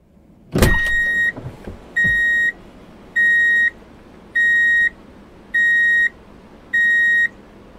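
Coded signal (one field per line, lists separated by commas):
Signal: alarm pattern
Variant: vehicle reversing beeper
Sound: a thud, then regular half-second high beeps, five, evenly spaced about 1.2 s apart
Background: vehicle door or engine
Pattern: 5 short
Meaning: Vehicle is driving in reverse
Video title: Drive In Reverse Beep Alert Sound / #copyrightfree / [ Copyright Free Vehicles & City Sounds ]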